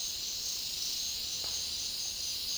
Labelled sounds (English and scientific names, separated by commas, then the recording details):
none
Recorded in dense forest near Puerto Asís, Putumayo, Colombia, on 18 February 2024 at 09:30
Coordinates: 0.500, -76.322
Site G6465